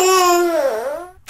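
A brief, clear infant wail holds a steady pitch, then dips and rises before fading, with the start of another sound at the end. This is a teething cry: the baby is in pain from cutting teeth.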